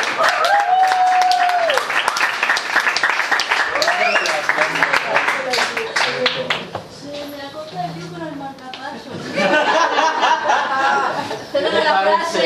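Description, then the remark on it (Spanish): Loud, dense crowd applause for a woman, with a mix of voices and some chuckling over it; the clapping thins out midway, then swells again near the end. “Más aplausos para ella.”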